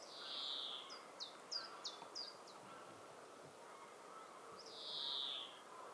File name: Chloris chloris